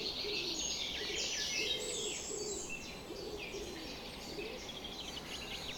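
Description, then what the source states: Birds in a dawn chorus, many overlapping high chirps and trills, with low cooing phrases repeated beneath, over steady background hiss. Summer morning bird chorus recorded at 4:40 am.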